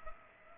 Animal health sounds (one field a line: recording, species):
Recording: mosquito wingbeat signal from an infrared sensor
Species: Culex pipiens